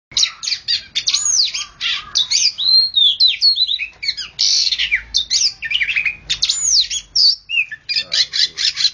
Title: Kicau Kacer